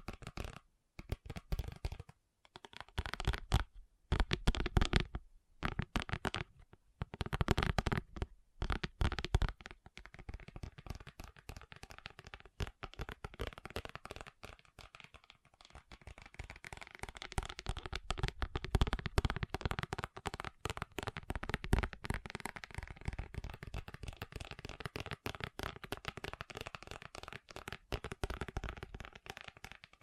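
Fast ASMR tapping, a dense run of sharp clicks and taps. The first ten seconds come in short bursts separated by brief silences; after that the tapping turns continuous and rapid, growing a little louder past the midpoint and staying busy to the end.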